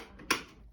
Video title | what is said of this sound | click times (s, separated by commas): Safe Kids Eastern NC Rear Facing Only Install | Once you have it clicked, I want you to pull on the seatbelt all the way until you hear it click. | 0.3 s